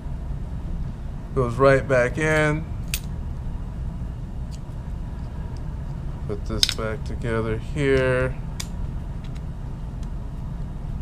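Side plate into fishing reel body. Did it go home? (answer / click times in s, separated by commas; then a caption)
yes / 8.6 s. A removable side plate is put back onto an Enigma Torch baitcasting reel and turned to lock it, so it isn't lost while casting. Someone talks over the handling, with a sharp transient at 2.9 seconds and a short, sharp click at 8.6 seconds as the plate locks into place.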